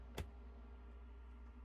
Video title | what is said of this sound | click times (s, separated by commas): Rants About Tech Live: Tuesday, January 21, 2024 | I was about to say it felt, not felt, but it sounded super satisfying when it clicked into place. | 0.2 s